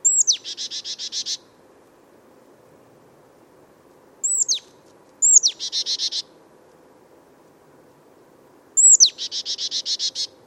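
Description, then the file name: Marsh tit calls: a sharp high 'pitchoo' note dropping steeply, mostly followed by a quick buzzy chatter of repeated notes, given several times with pauses between. "Poecile palustris"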